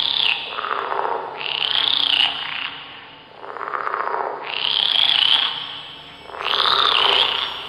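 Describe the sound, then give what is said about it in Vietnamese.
Loud, raspy frog-like croaking creaks coming from inside a cave repeat in a steady rhythm, each grating call rising and falling, with no voices present. “Đột nhiên nó nghe thấy tiếng từ trong động vọng ra, một âm thanh giận tóc gáy, kèn kẹt kèn kẹt, y hệt tiếng ếch nhái kia ngoài đồng.”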